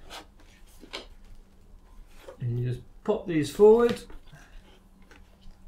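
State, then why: Not seated. A welding mask band is handled and pushed forward onto the headgear of a powered air respirator while someone talks, with faint rubbing and handling noises around them. Nothing has seated or clicked yet when the clip ends.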